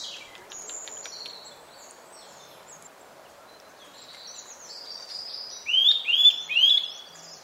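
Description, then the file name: Eurasian nuthatch calling three quick, upslurred whistled notes in a row toward the end, after thin, high twittering. "Sitta europaea"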